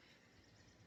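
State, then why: Not seated. An EFI wiring harness plug for the throttle body on an Aces EFI Killshot install is handled at its throttle body sensor socket, a plug that only goes on one way. Less than a second of steady, even broadband noise is heard with no distinct sharp transients. Nothing has seated or clicked yet.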